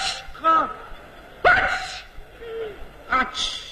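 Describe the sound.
A man's voice imitates a sneeze in the Beijing style, ending on a sharp "chee" sound, with three short loud vocal bursts, the middle one strongest, separated by quieter breathy pauses.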